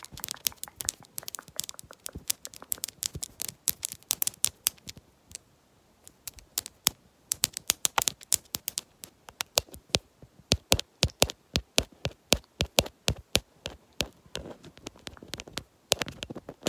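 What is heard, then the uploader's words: Quick, crisp tapping of long nails on a hard lens, sharp clicks in rapid bursts and flurries. The pace varies, with a brief lull around the fifth and sixth seconds and another near ten, then dense runs resume. The taps are bright over a quiet background. ASMR Fast Nail & Lens Tapping w Long Nails.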